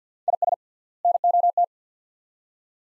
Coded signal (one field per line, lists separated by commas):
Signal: Morse code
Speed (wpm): 50 wpm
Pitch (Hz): 700 Hz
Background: none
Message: IS NOT